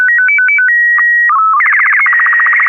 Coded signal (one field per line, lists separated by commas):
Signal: SSTV (slow-scan television)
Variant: Robot BW 8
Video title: 2021-07-01 - Slow Scan TV (SSTV)